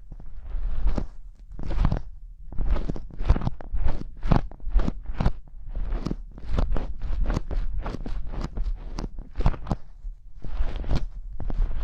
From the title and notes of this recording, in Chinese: 手套 使用6种不同手套为你耳膜按摩。